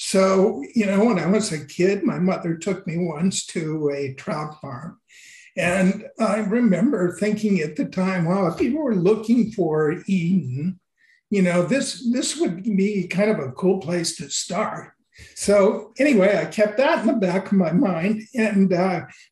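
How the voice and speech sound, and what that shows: A man speaks fluently in a fairly high-pitched, wavering voice, with an unsteady, quavering pitch on sustained vowels and some drawn-out sounds. This fits essential voice tremor, an involuntary rhythmic shaking of the voice that makes his speech sound like that of a very old man; he describes it as a handicap and has been losing his voice.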